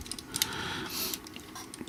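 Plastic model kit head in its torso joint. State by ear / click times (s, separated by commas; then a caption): seated / 0.4 s. During the transformation of an MG Gundam Zeta Plus plastic model kit, the head is pushed up from underneath into its torso joint. A faint handling click at 0.4 s is followed immediately by a sharper plastic snap at 0.4 s, then quieter rubbing and handling sounds. The plastic head joint pops into place and is seated.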